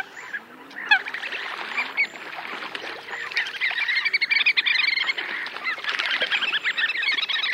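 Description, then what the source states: Little Grebe trilling, several rapid high pulsed trills running together. Territorial dispute between neighbouring birds, featuring a great deal of trilling and pattering across the water surface.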